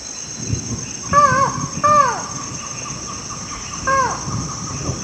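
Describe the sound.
Buckley's forest falcon with a quick pair of downward-curving calls followed by one more, against a continuous insect hum.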